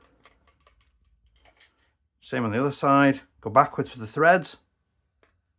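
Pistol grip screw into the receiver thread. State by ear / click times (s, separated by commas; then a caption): seated / 5.2 s. A screw for the plastic pistol grip of a Double Eagle M923A DEK762 airsoft rifle is turned backwards against the receiver thread while someone talks, with a few faint ticks early on. After the talking stops, a single sharp click at 5.2 s marks the screw dropping into the start of the thread, so it is seated and ready to be turned forwards and screwed down.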